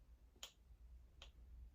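A torque wrench tightening a bolt on an OM647 engine being rebuilt for a T1N Sprinter releases with a faint, very subtle click at 0.4 s, confirming the bolt has reached torque. A second, quieter short tick follows at about 1.2 s over a steady low hum.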